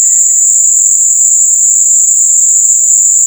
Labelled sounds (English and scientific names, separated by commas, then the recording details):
none
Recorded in dense forest near Puerto Asís, Putumayo, Colombia, on 18 December 2024 at 17:30
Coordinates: 0.481, -76.323
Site G100